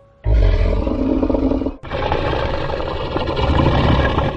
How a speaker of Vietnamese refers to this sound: Tiếng gào thét của hỗn độn vừa dừng, nó liền lợi dụng thế vuông góc, nhanh như chớp phóng xuống dưới.